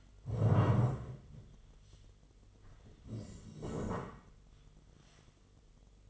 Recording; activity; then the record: daily activity, microphone in the room; stand up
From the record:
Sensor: 4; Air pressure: 1006.1 hPa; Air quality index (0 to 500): 100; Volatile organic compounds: 2 ppm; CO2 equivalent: 1249 ppm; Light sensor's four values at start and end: 12/28/11/10 and 12/28/11/10